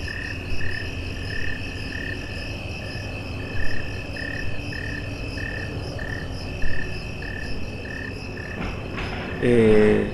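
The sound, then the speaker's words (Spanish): Little frogs call in a steady, evenly spaced pulse over a continuous high drone of cicadas on a summer night, with a brief louder chirping burst near the end. No one speaks. “A mí me encantan las noches de verano, las ranitas, las chicharras, pero hay un montón, ¿viste?”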